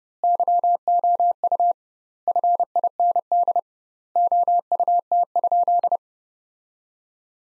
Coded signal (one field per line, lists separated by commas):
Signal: Morse code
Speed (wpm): 30 wpm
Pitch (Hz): 700 Hz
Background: none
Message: YOU FIND OUT?